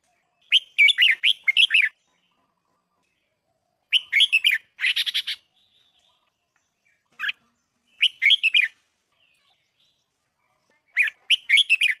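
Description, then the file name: Red-whiskered bulbul song: bursts of quick, chirpy warbled notes in short phrases, pausing a couple of seconds between phrases, with one buzzier rattling burst. Thai red-whiskered bulbul; song style called giọng kép (double voice). "tieng chao mao thai lan hot giong kep"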